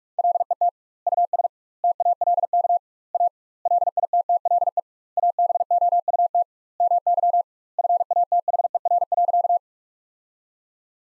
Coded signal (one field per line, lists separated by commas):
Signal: Morse code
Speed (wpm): 41 wpm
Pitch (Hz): 700 Hz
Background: none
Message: LET US TALK A LITTLE ABOUT MY FATHER.